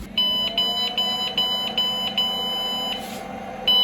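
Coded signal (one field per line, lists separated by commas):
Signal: beep code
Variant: AMI BIOS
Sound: piercing high beeps: five quick short ones, then one long beep, then a pause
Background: low fan hum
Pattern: 5 short, 1 long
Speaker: 2, 3, 4, 5, 6. 5 short and the sixth is long. There's nothing listed for 5 short and 1 long. Maybe I did do some damage to the RAM or something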